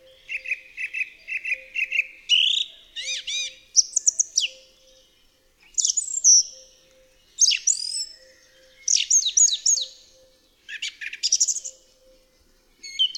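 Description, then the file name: Song thrush singing a long varied series of loud whistled and chirping phrases, some notes quickly repeated several times, separated by short pauses. "DROZD SPIEWAK"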